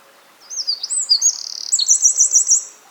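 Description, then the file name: Eurasian wren song, a hurried string of piercing twitters and a fast rattle, finishing with half a dozen evenly spaced bright notes. "Troglodytes troglodytes"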